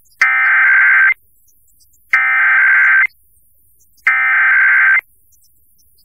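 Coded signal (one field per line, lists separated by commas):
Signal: Emergency Alert System (SAME) tones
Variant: header bursts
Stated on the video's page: EAS alert heard on FM radio station 101.3.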